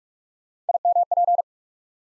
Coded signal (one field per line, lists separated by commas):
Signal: Morse code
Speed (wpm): 44 wpm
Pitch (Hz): 700 Hz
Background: none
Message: IMP